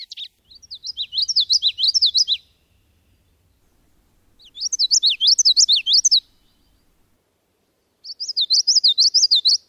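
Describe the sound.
Common Yellowthroat song, three bouts of quick, rolling, repeated high phrases about every four seconds, with a faint low rumble under the first bout.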